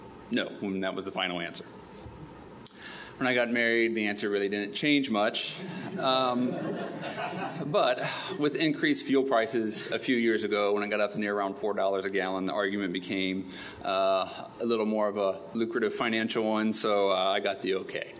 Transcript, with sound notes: "No," and that was the final answer. When I got married, the answer really didn't change much. [audience laughs] But with increased fuel prices a few years ago, when it got up to near around $4 a gallon, the argument became a little more of a lucrative financial one, so I got the okay.